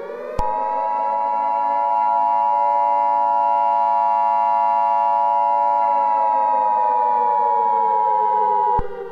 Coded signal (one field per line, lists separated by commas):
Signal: Emergency Alert System (SAME) tones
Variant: 853 and 960 Hz attention tone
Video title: Eas Scenario: The Moonlight